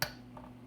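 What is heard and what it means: A single small clip holding the thermal trip sensor in a Boss AR2000M car amplifier is lined up and pushed in with one sharp hit, giving a loud, bright snap at 0.0 s. A much fainter tick follows at 0.4 s. The clip is confirmed seated.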